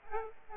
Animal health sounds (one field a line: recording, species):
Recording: mosquito wingbeat signal from an infrared sensor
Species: Aedes aegypti